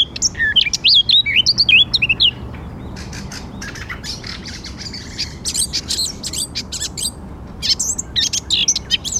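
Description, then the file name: Eurasian blackcap song: a quick fluty warble opens, followed by bursts of dry, scratchy chattering notes repeated at an uneven pace. "Sylvia atricapilla"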